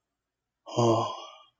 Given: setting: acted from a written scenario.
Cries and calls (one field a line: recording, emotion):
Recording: vocal sound without words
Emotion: serenity